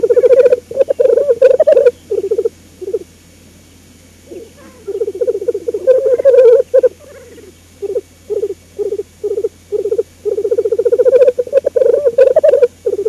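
Black grouse bubbling coo, a low rolling warble in long bursts and short pulsed phrases, pausing briefly between runs, with occasional sharp clicks.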